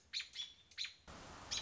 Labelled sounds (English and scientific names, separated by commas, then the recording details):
American Robin (Turdus migratorius)
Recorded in Sonoma County, California